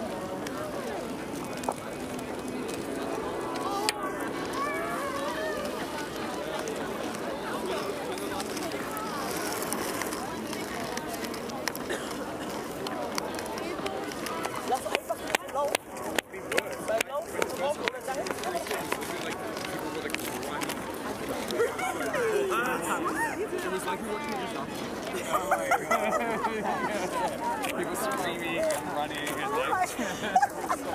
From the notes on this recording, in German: Hunderte Menschen gehen ihren Beschäftigungen nach.